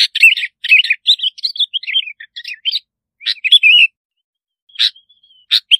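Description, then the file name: Bulbul gives a quick string of lilting, bubbly phrases, then slower separate phrases with a thin sliding whistle between them. "Tieng chao mao bong lau"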